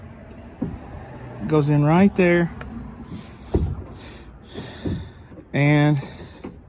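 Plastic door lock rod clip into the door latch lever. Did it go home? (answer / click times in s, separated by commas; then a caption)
no / none. Someone talks while pushing a blue plastic door lock rod retaining clip down into its hole on the door latch lever linkage of the front driver side door of a 2005 Dodge Durango 5.7 L Hemi Edition. Short knocks and handling noises are heard around 3.6 s and 6.4 s between bursts of speech. Nothing has snapped into place or seated yet.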